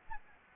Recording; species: mosquito wingbeat signal from an infrared sensor; Anopheles gambiae